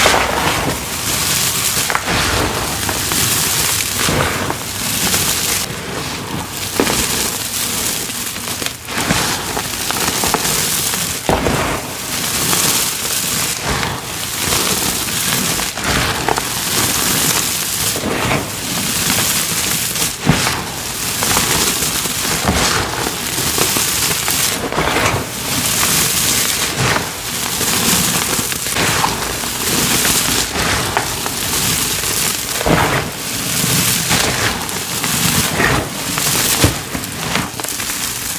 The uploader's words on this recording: Tons of super satisfying powder play. Lots of dust, pretty colors, cornstarch crunchies, and more!